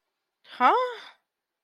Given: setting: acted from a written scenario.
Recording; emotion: vocal sound without words; confusion